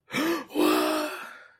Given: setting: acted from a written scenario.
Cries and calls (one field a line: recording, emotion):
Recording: vocal sound without words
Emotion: positive surprise